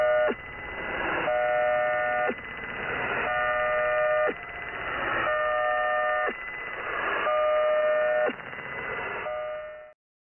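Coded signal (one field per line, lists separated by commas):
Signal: channel marker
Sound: two steady multi-tone chords alternating about once a second, repeating, over hiss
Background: radio static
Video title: 3238 kHz | 20th February 2024 | New Marker Signal [Near The Goose's Night Frequency]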